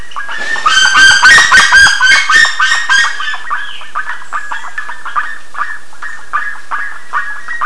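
Bird gives loud, rapid, grating calls at first, then settles into softer, evenly spaced short notes repeated steadily.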